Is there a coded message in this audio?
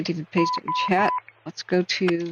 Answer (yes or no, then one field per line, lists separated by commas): no